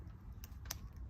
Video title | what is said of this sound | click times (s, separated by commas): Double Shot Harness Installation | just like the sockets here you want to make sure the bulbs get nice solid click into place | 0.4 s, 0.7 s